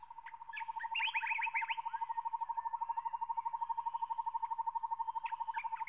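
Rainforest birds chattering: a fast, steady pulsed note repeats rapidly through most, with a burst of quick upward chirps and scattered high calls over a constant high hiss.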